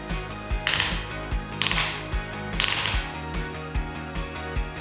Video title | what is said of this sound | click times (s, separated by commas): Yakima Baseline Tower (4 Pack) -Video | And on the other side until it clicks at least 3 times too. | 0.7 s, 1.6 s, 2.6 s